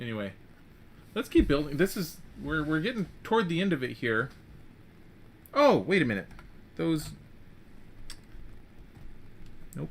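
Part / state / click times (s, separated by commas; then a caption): plastic building brick onto a brick model / seated / 8.1 s, 9.7 s. Someone talks while pressing a plastic Lego brick onto a Lego Ideas Pirates of Barracuda Bay (21322) brick model. Sharp clicks sound at 8.1 s and 9.7 s as the piece locks into place and is seated.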